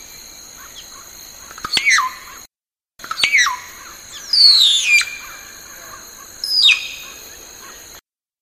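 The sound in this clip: Long-tailed myna giving harsh squawky calls that sweep sharply downward, several spaced throughout, with brief silent gaps between sections.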